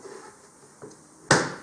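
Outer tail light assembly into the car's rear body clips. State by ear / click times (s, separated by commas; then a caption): seated / 1.3 s. An outer tail light assembly on a 2017-present Nissan Rogue Sport is lined up and pushed into the car's rear body until its plastic retaining clips snap into place. Low handling noise and a faint knock near 0.8 seconds come before one sharp, loud snap at 1.3 seconds, which then fades out. The assembly is seated.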